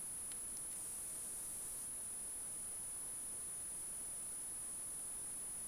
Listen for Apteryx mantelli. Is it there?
no